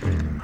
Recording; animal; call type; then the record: contact call of a hoofed animal; wild boar; grunt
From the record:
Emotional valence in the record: positive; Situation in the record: food anticipation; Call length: 0.44 s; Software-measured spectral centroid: 1320 Hz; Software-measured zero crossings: 770 a second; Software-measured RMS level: -24 dBFS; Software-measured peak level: -12 dBFS